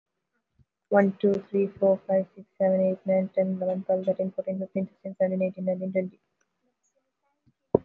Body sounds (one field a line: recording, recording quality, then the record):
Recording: counting at a fast pace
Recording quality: excellent, no background noise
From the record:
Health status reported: healthy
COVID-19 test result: not tested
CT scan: not taken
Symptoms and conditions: none ticked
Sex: female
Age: 26 years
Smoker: no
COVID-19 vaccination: both doses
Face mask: worn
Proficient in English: yes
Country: India